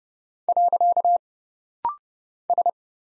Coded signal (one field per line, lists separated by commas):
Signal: Morse code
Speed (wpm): 30 wpm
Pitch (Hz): 700 Hz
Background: none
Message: . S